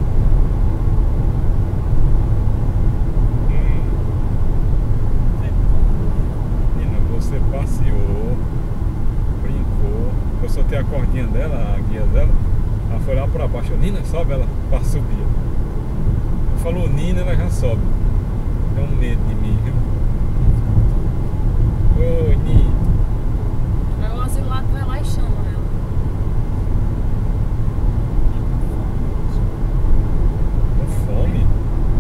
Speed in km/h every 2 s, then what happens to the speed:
141, 139, 136, 128, 124, 123, 124, 127, 131, 134, 133, 131, 134, 137, 140, 139.
0-10 slows to 123. 10-28 speeds up to 140.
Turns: none.